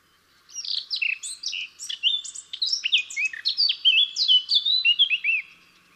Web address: SETE data Sylvia atricapilla